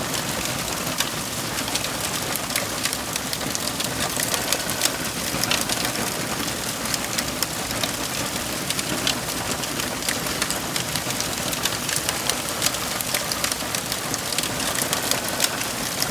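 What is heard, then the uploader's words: Burning paper crackles steadily and densely, with countless small bright snaps scattered across the whole sixteen seconds. Beneath the pops runs a soft, low, rumbling roar of flame, even in level, with no pauses or build-ups. Burning Paper: Sounds of a Crackling Fire. The gentle crackling of the flames create a warm and cozy atmosphere. Sound of burning paper.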